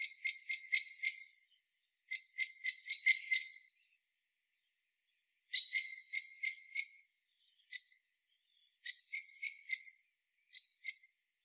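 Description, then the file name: Common blackbird calls: sharp, metallic clicking notes, mostly in quick bursts of several at about four per second, with a few single notes and short pauses between. "Turdus merula"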